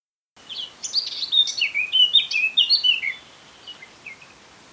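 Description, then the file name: Eurasian blackcap delivering a hurried, chattering warble of high notes over about three seconds, trailing off into a couple of soft, separate notes. "Sylvia atricapilla"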